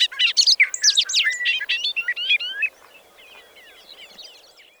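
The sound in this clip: Bobolink song: a rapid, bubbly jumble of tinkling, metallic notes jumping up and down for under three seconds, then fading into faint scattered chips.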